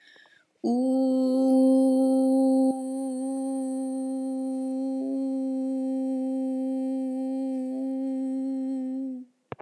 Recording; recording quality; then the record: sustained vowel as in boot; excellent, no background noise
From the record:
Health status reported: healthy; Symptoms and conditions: none ticked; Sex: female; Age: 19 years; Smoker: not ticked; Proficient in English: yes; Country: India